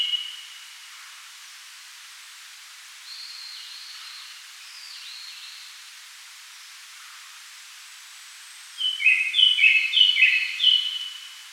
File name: Turdus cardis